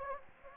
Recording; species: mosquito wingbeat signal from an infrared sensor; Anopheles gambiae